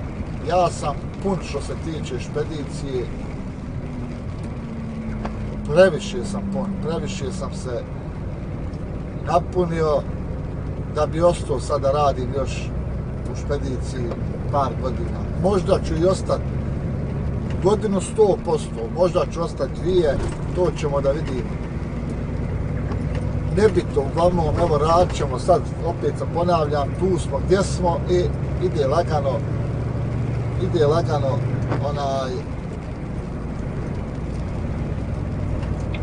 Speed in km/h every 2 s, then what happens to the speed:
64, 54, 46, 40, 39, 41, 43, 45, 47, 47, 49, 52, 55, 58, 60, 64, 64, 65.
0-8 slows to 39. 8-30 speeds up to 64. 30-36 steady at about 64.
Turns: none.